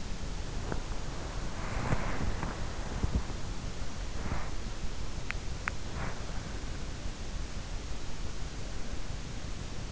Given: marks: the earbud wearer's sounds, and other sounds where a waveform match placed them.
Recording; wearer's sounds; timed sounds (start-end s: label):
sounds in sleep by an in-ear microphone; body movement
0.00-7.14 s: body movement